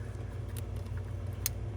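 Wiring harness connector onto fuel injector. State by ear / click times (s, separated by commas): seated / 1.5 s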